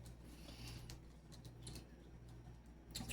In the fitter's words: And then this one goes clicks into place there.